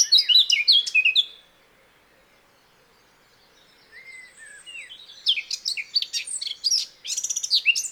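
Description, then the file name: Eurasian blackcap giving a short burst of bright warbling, falling silent for a few seconds, then resuming with quiet notes before another loud, rapid twittering phrase. "Sylvia atricapilla"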